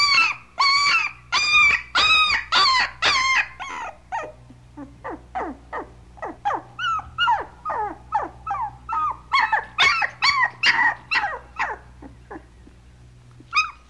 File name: puppy cry